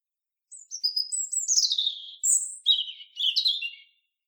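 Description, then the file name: European robin singing a flowing phrase of very high thin whistles that fall and waver into sweet warbles and short twittered notes. "Erithacus rubecula"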